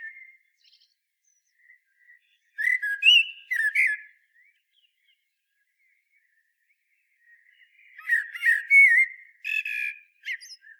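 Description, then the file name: Common blackbird song: two loud fluty, twittering phrases about five seconds apart, with faint soft notes and silence between them. "Turdus merula"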